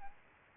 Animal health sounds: mosquito wingbeat signal from an infrared sensor; Aedes albopictus

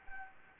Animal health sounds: mosquito wingbeat signal from an infrared sensor; Anopheles gambiae

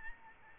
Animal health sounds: mosquito wingbeat signal from an infrared sensor; Aedes albopictus

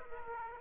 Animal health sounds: mosquito wingbeat signal from an infrared sensor; Aedes aegypti

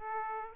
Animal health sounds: mosquito wingbeat signal from an infrared sensor; Aedes aegypti

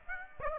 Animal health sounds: mosquito wingbeat signal from an infrared sensor; Aedes aegypti

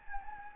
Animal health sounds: mosquito wingbeat signal from an infrared sensor; Anopheles gambiae

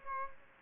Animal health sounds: mosquito wingbeat signal from an infrared sensor; Aedes aegypti

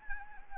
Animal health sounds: mosquito wingbeat signal from an infrared sensor; Anopheles arabiensis

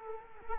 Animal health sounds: mosquito wingbeat signal from an infrared sensor; Culex quinquefasciatus

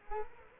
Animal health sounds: mosquito wingbeat signal from an infrared sensor; Culex quinquefasciatus

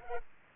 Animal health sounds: mosquito wingbeat signal from an infrared sensor; Culex pipiens

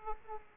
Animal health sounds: mosquito wingbeat signal from an infrared sensor; Aedes aegypti

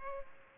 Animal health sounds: mosquito wingbeat signal from an infrared sensor; Culex pipiens

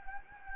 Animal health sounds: mosquito wingbeat signal from an infrared sensor; Anopheles gambiae

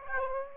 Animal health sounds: mosquito wingbeat signal from an infrared sensor; Aedes aegypti

